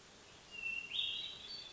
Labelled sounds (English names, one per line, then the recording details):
Hermit Thrush
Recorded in Sonoma County, California